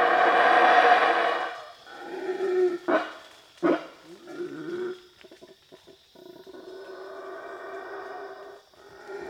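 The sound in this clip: Black howler monkey howling: a loud, harsh roar opens, then short grunting bursts, then a steadier roar resumes toward the end.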